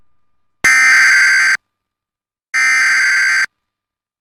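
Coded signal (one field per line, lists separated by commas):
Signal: Emergency Alert System (SAME) tones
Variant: header bursts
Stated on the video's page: Flash flood warning for Carolina, Puerto Rico, from the National Weather Service San Juan.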